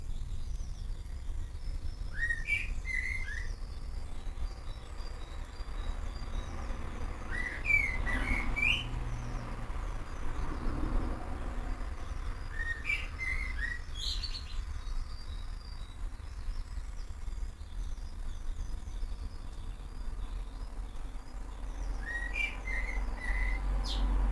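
Various birds call to one another in a garden in the early morning. A short rising whistled phrase repeats about every five seconds, with other chirps and high tweets scattered between. A steady low rumble runs underneath, swelling briefly near the middle.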